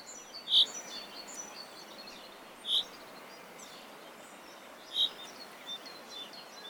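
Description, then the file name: Common chaffinch calls: three short, bright, sharp notes spaced about two seconds apart, with a faint hiss of background noise and faint high chirps. "Fringilla coelebs"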